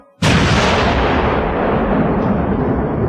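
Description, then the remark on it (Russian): A single cannon shot, fired by putting a torch to its touch-hole, booms out with a sudden, sharp onset, then a loud, deep rumbling roar that stays heavy for several seconds and fades only slightly. No voices. “Грохот выстрела был услышан даже в замке Коржиков.”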